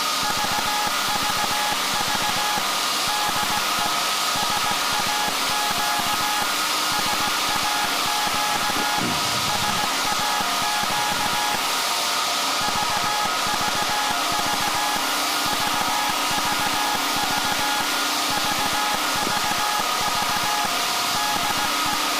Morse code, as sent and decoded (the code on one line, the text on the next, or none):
...- ...- ...- / -.. . / ... .- --.- / ... .- --.- / ... .- --.- / ...- ...- ...- / ...- ...- ...- / ...- ...- ...- / -.. .
VVV DE SAQ SAQ SAQ VVV VVV VVV DE